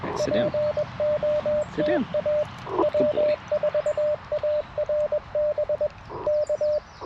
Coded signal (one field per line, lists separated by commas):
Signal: Morse code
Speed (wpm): 21 wpm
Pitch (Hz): 590 Hz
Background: speech, radio noise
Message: POTA W4ARB K